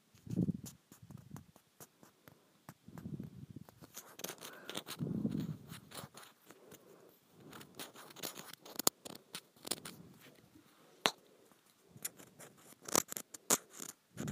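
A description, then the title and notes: Tiny grooved plastic is scratched in short, rasping strokes, with denser, grittier bursts in the first six seconds. After that the scratching thins into sparser, sharper ticks and clicks, with a few louder snaps near nine, eleven and thirteen seconds. Scratching Tiny Grooved Plastic.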